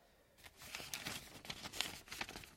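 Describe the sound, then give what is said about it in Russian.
A sheet of paper, a document brought by a courier from the fort, rustles and crinkles as it is unfolded, a run of dry, crisp crackles starting after a brief quiet moment and continuing steadily at a moderate level, with no voices. “Прискакал нарочный с форта, привез бумагу. Давай сюда.”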